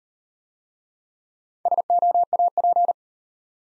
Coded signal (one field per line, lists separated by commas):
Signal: Morse code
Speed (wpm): 37 wpm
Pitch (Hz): 700 Hz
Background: none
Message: SOAP